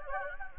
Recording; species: mosquito wingbeat signal from an infrared sensor; Anopheles gambiae